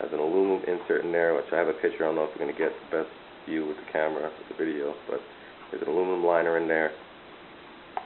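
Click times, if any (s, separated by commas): 8.0 s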